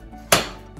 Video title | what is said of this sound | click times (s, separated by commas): Unboxing Product Review ilikable Shower Caddy, Storage Organizer | it just clicks right into place and | 0.3 s